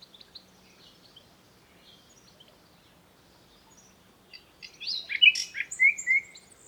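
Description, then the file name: Common nightingale song arriving after four quiet seconds: a burst of sharp, varied chirps and whistled notes sweeping down, loud and jumbled at the end. "Luscinia megarhynchos"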